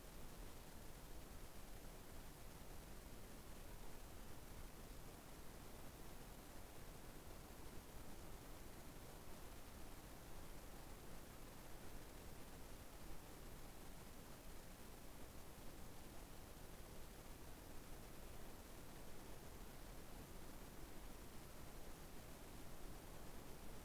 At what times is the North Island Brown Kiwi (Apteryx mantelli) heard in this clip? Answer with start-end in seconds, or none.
none